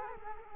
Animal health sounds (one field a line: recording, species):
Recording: mosquito wingbeat signal from an infrared sensor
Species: Culex quinquefasciatus